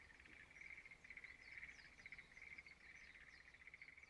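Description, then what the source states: Frog chorus, short bursts of rapid pulsed trilling following one another, with faint quick chirps. Frogs singing in a rice field at dawn in Izumo, Shimane, Japan.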